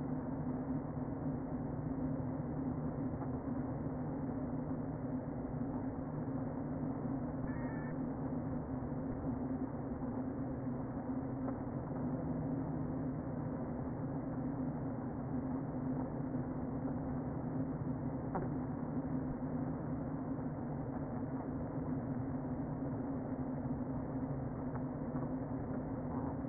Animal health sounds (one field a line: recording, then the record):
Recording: honeybee colony, microphone inside the hive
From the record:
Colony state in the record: queen present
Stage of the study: before two queens were removed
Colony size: about 60,000 bees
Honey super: yes